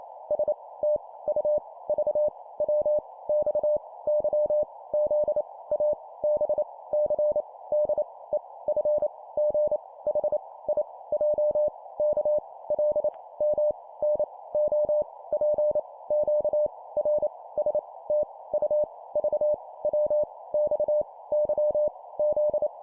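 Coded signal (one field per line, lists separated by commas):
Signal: Morse code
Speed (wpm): 28 wpm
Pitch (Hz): 600 Hz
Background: none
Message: S T U V W X Y Z A B C D E F G H I J K L M N O P Q R S T U V W X Y Z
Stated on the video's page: Computer-generated 25 wpm Morse practice drill of random letters.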